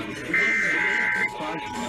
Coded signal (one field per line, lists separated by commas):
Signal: Emergency Alert System (SAME) tones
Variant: header bursts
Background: speech